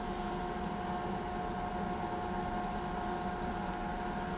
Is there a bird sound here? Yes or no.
no